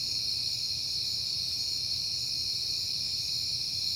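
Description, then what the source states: Crickets fill the night with an unbroken high-pitched chirping chorus, layered at several pitches, a quiet low hum beneath. Recorded on a peaceful night in September; crickets heard often at that time.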